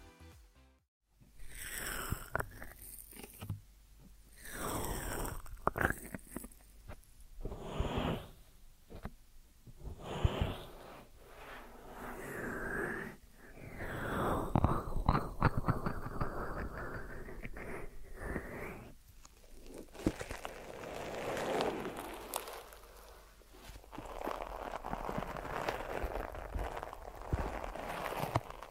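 Deep ear massage sounds of rubbing and brushing, swelling and fading in close bursts, with scattered clicks and a steadier hissing rub after twenty seconds.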